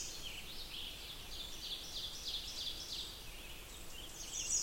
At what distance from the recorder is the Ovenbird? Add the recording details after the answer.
about 95 m. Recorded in boreal forest in Alberta, Canada, on 20 June 2016 at 05:55. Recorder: SongMeter 3, array SBT-6-81. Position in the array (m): 152 m, 259 m. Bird 25